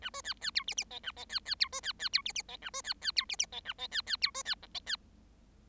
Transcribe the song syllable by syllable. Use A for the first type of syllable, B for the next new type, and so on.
A B C C D E E F A F C C D B C C D E E F A B C C D E E F A F C C D B C G F C